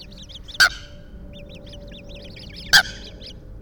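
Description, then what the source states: Eurasian coot calling twice, two loud sharp notes about two seconds apart, amid rapid thin high peeps and a faint hum. Family group, Enfield.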